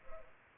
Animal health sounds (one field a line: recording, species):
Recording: mosquito wingbeat signal from an infrared sensor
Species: Culex pipiens